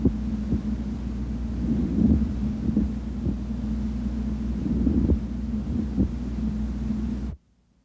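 A low, steady humming background carries brief, rough, scratchy bursts at irregular intervals over an adult chest. These are a pleural friction rub, the grating sound of inflamed pleural layers rubbing together during breathing.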